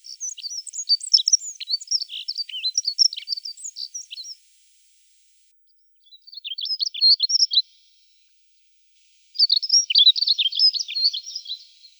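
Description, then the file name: Dunnock singing high, rapid, jingling warbled phrases; a long run of notes, then a pause, a short burst, another pause and a final hurried phrase. "Prunella modularis"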